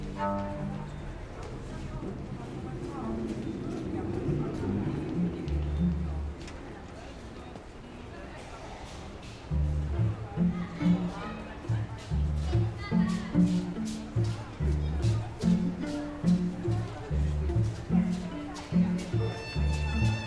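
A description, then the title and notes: A string quartet plays in a reverberant tunnel, with passersby talking around it. Held low notes swell through the first six seconds, then a quieter stretch follows. From about ten seconds, the strings settle into a steady, repeated rhythmic figure of short, accented chords. Asematunneli String Quartet. I was visiting my friend in Helsinki. When going through a tunnel, we spotted a string quartet playing. I grabbed my Zoom H6 and captured the most amazing street players I have heard myself.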